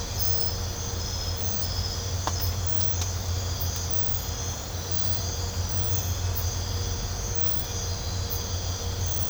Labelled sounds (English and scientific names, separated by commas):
none